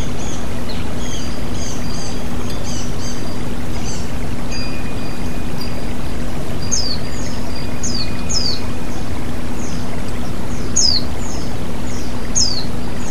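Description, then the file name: White-eye chirping song: high, thin descending notes in short bursts, repeated throughout over a steady rush of flowing water and a low continuous hum. Bird-therapy track pairing white-eye (pleci) song with the sound of flowing water. "terapi air mengalir burung pleci"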